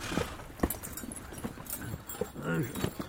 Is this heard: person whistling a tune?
no